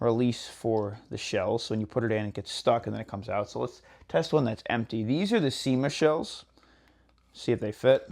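Someone talks while handling an empty plastic SEMA airsoft shotgun shell at the spring-loaded shell holder of a Tapp Airsoft HPA adapter for a UMP45. The clip ends just before the shell goes home; nothing has seated or clicked yet.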